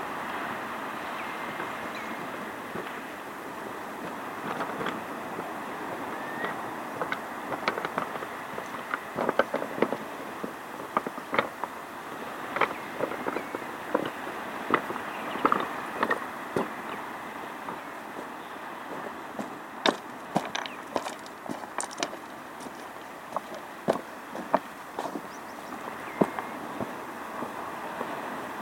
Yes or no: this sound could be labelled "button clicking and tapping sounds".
no